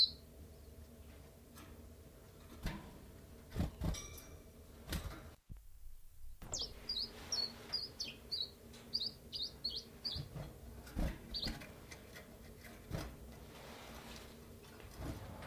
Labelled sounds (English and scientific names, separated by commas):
Common Chiffchaff (Phylloscopus collybita)